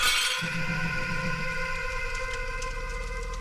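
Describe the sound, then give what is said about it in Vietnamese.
Crockery and dishes smash in a house in one loud crash at the start, then bright metallic ringing tones linger and slowly fade over the next few seconds, with no voices. “Những tiếng động lạ, tiếng bát đĩa vỡ loảng xoảng cũng thường xuyên phát ra từ ngôi nhà của Phương.”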